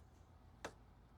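A machine screw is turned backwards in a threaded hole on the frame of a refurbished Creality Ender 3 S1 3D printer until the thread start drops into engagement, lining up the thread so it does not cross-thread. A single small, sharp metallic click sounds at 0.7 s over a steady low background hum. The screw thread is seated.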